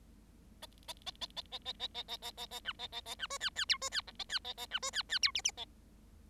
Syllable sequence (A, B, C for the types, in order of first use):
A A A A A A A A A A A A A B A A A B C D D E C D F A D A A B C D D E G G A